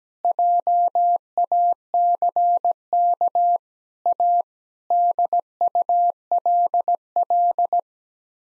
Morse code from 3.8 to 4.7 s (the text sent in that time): A